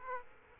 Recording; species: mosquito wingbeat signal from an infrared sensor; Aedes aegypti